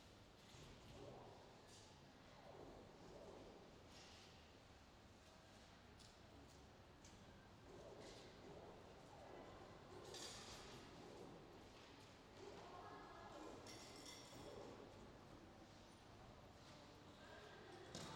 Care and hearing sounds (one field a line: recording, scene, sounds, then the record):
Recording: everyday scene through a hearing-aid microphone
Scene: reverberant space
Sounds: background noise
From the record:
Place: railway station hall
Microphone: in the ear canal, left